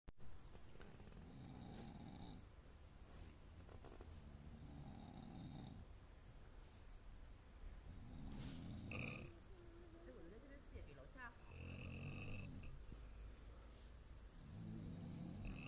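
Low, rumbling snores from adult neighbours sleeping nearby at the Tekapo camping site recur about every three seconds, five in fifteen seconds, roughly 18 a minute, with a steady rhythm. Ordinary snoring heard over faint outdoor background noise and a few short higher-pitched sounds.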